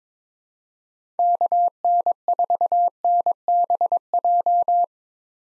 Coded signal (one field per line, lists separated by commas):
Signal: Morse code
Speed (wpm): 22 wpm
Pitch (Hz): 700 Hz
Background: none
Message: KN4NBJ